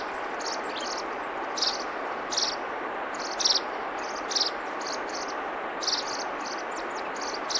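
Russet sparrow calls: short, bright chirps in irregular bursts, several notes grouped together, over a steady background hiss.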